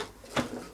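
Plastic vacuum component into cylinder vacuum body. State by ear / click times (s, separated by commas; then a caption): seated / 0.4 s. On the next try, a plastic component is pushed into the body of a UK-made Dyson DC02 bagless cylinder vacuum cleaner and seats with a single sharp click at 0.4 s. The click stands out above an otherwise quiet background, confirming the part is in place.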